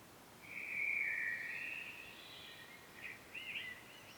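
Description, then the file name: Common blackbird song: one smooth fluted phrase followed by a few short, soft twittering notes. "Turdus merula"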